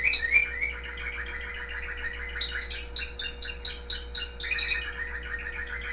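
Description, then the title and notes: Canary song of dense, fast chattering trills and chirps, continuous throughout, with a constant low hum in the background. The owner's own canary. "mi canario. musica de fondo"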